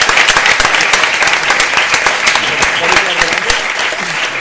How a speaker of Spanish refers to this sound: Una ovación de lujo, por favor. Sí.